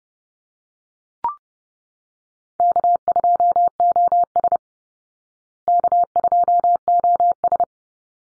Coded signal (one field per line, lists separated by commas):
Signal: Morse code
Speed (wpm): 30 wpm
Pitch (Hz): 700 Hz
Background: none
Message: K2OS K2OS